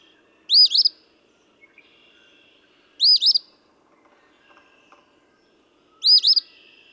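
Eastern phoebe song, a short burry two-part phrase repeated three times a few seconds apart, with faint soft chips between phrases.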